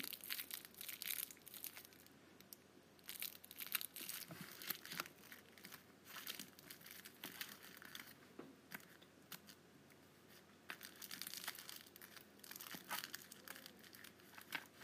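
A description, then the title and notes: Candy wrappers crinkle and crackle throughout, a dense run of sharp, bright crackles that come in irregular bursts with brief quieter gaps. The handling stays fairly even across the fifteen seconds, with louder clusters around four, eight and thirteen seconds. ASMR Candy Wrappers.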